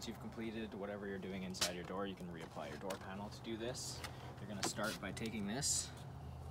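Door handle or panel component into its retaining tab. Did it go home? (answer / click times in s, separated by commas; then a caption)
no / none. Someone talks while a door handle or panel component is handled toward its retaining tab as the door panel is reinstalled on a 2020 Ford F-150. Faint handling noises sit under the voice. Nothing has seated or clicked yet.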